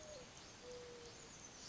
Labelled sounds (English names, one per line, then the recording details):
Mourning Dove
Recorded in Sonoma County, California